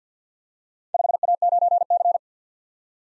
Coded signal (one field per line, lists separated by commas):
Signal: Morse code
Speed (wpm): 51 wpm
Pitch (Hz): 700 Hz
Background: none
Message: 5A9C